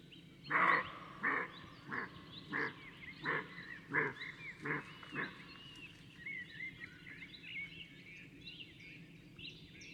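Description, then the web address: Roe deer barking: a series of about eight harsh, hoarse barks roughly every two-thirds of a second, fading toward the end, with songbirds twittering in the background. "Capriolo da xenocanto. das rehwild"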